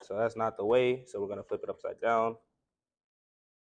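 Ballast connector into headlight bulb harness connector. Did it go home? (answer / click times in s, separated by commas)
no / none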